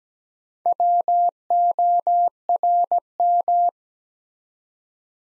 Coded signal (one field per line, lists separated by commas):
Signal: Morse code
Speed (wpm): 17 wpm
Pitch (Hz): 700 Hz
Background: none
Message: WORM